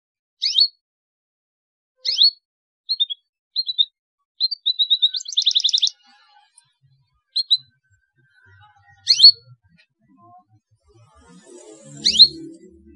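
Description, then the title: Canary song: high sweeping chirps and short notes, then a rapid buzzy trill around five seconds, followed by scattered single sweeps and faint low noise. Belgian canary song used to stimulate young canaries to sing. "Canto Para Esquentar Canário Belga. CUITAN KENARI MERANGSANG BUNYI KENARI PAUD. PANCINGAN KENARI AGAR GACOR"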